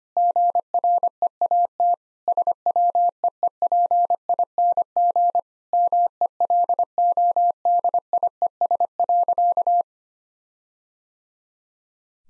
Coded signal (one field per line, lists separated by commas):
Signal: Morse code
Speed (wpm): 25 wpm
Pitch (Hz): 700 Hz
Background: none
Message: GREAT SWEEPING MELODIES.